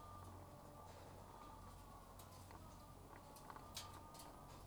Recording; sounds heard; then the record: poultry house recording; sick chickens (respiratory disease)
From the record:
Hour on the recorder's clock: 12